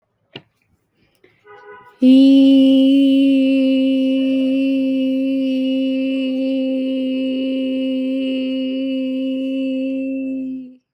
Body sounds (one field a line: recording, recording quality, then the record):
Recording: sustained vowel as in beet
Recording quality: excellent, no background noise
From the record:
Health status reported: recovered from COVID-19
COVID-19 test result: positive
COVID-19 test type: RT-PCR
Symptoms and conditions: cough, cold, sore throat, fatigue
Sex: female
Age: 26 years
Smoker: no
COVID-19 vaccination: both doses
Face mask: worn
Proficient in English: yes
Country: India